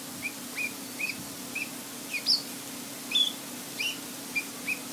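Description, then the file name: Ruby-throated bulbul giving soft whistled chirps in a series, with a few higher, louder notes mixed in, over a low hum. "cucakrantemas"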